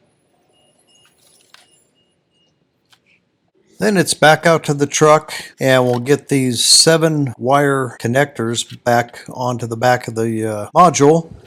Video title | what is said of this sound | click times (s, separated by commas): How to Replace a 2004 Nissan Titan Climate Control Module | You get them in the right position, it'll kind of drop down, and then just push it and it'll snap into place. | 1.5 s